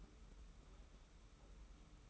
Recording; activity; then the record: daily activity, microphone in the room; take from stove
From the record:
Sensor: 1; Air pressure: 991.1 hPa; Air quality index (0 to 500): 91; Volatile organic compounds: 34 ppm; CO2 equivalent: 3035 ppm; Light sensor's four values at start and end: 36/116/45/47 and 36/116/45/47